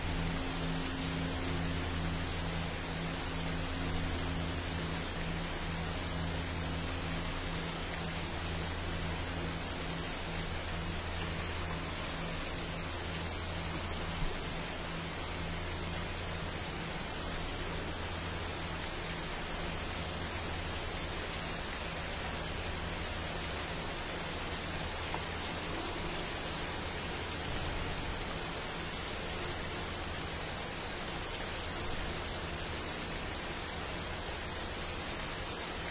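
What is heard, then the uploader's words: Rain falls steadily in a dense forest, a thick, even hiss of countless drops with no pauses or gusts. Underneath, a low droning hum lingers for most of the recording, then fades away in the last ten seconds, leaving only the rain. Rain in the dense forest.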